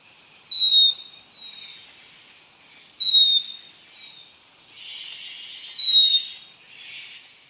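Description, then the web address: Yellow-collared chlorophonia call: a pure, high whistled note, slightly falling, repeated three times about every two and a half seconds over a steady high hum. Recorded in Ecuador, South America. "Natures Songs S America Birds of Ecuador Yellow-collared Chlorophonia"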